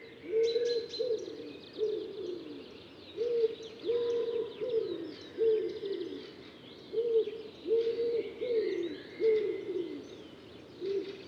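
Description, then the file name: Common wood pigeon cooing steadily, deep breathy notes grouped in rhythmic phrases throughout, with thin songbird chirps and trills in the background. "Ringdue"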